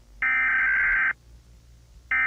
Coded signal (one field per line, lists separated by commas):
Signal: Emergency Alert System (SAME) tones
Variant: header bursts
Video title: Minions react to EAS Scenario: The Mandela Effect